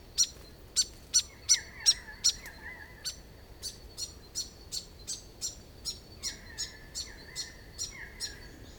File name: Rhipidura Albiscapa